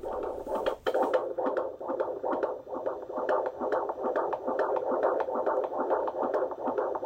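Fetal heartbeat of a baby girl, heard by handheld Doppler during a prenatal midwife visit: a rapid, rhythmic whooshing pulse at about 140 beats per minute.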